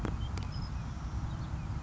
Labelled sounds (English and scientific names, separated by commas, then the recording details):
Savannah Sparrow (Passerculus sandwichensis)
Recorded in Sonoma County, California